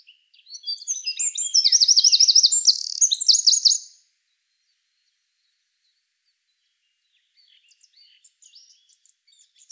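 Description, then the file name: Eurasian wren song, a burst of shrill notes and rapid trills lasting a few seconds, then near silence with faint high twitters. "Troglodytes troglodytes"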